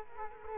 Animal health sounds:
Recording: mosquito wingbeat signal from an infrared sensor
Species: Culex quinquefasciatus

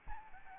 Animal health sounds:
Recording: mosquito wingbeat signal from an infrared sensor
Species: Aedes albopictus

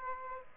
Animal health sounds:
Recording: mosquito wingbeat signal from an infrared sensor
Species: Aedes aegypti

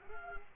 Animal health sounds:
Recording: mosquito wingbeat signal from an infrared sensor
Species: Culex quinquefasciatus

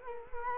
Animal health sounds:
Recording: mosquito wingbeat signal from an infrared sensor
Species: Culex quinquefasciatus

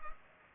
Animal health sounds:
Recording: mosquito wingbeat signal from an infrared sensor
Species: Culex pipiens

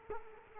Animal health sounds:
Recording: mosquito wingbeat signal from an infrared sensor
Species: Culex quinquefasciatus

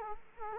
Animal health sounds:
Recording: mosquito wingbeat signal from an infrared sensor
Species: Culex quinquefasciatus

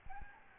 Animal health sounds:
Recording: mosquito wingbeat signal from an infrared sensor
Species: Aedes albopictus

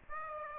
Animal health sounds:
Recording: mosquito wingbeat signal from an infrared sensor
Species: Aedes aegypti

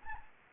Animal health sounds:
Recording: mosquito wingbeat signal from an infrared sensor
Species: Anopheles gambiae

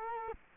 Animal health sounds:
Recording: mosquito wingbeat signal from an infrared sensor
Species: Culex quinquefasciatus

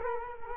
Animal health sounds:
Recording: mosquito wingbeat signal from an infrared sensor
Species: Culex quinquefasciatus

